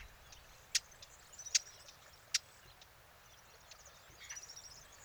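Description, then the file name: Eurasian blackcap with three hard tack calls in fairly even succession, followed by soft high chirping. "Sylvia atricapilla"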